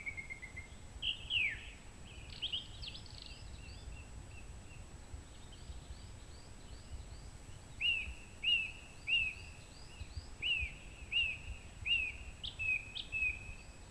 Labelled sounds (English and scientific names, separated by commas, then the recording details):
Song Thrush (Turdus philomelos) song
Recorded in the wild
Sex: male
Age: adult
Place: Treffen am Ossiacher See, Ossiachersee, Kärnten, AT
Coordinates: 46.67, 13.942
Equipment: Hornyphon, Phillips Mikrofon
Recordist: Brunner, Thomas
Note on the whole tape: Frühjahr 1964, in der Nähe der Hansbauerhalt aufgenommen